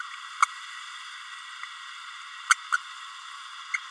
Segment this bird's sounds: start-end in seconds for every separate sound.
2.50-2.55, 2.71-2.77, 3.74-3.77